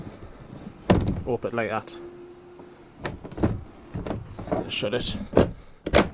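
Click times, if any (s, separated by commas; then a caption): 5.9 s. A motorhome window fitted with a fly screen and night blind is closed, and its latch is pushed home into the window frame while someone talks. Handling sounds lead up to a single sharp, thunk-like click at 5.9 s as the latch seats and the window is shut.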